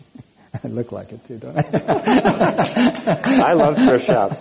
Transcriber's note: laughter